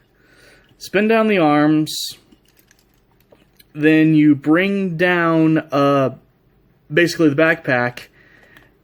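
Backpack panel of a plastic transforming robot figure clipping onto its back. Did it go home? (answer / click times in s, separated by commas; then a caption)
yes / 8.6 s. Someone talks while transforming a plastic robot toy, bringing its backpack section down onto the robot's back, with a few faint taps in the pauses. The backpack panel clips into its resting position with a single sharp click at 8.6 s, and it is seated.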